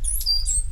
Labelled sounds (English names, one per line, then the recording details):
Stitchbird song
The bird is a male
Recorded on Tiritiri Matangi Island, New Zealand, in 2005
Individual 8, of nest box 10